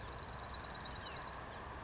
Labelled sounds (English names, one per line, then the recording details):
Dark-eyed Junco
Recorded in Sonoma County, California